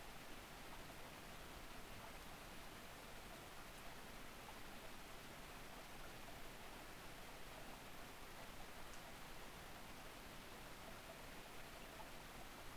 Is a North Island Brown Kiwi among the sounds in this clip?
no